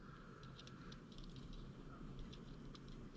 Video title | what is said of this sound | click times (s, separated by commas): How I make Salmon Spinners | And when you hear it start clicking, then you know it's done. | 0.6 s, 0.7 s, 0.9 s, 1.2 s, 2.3 s, 2.8 s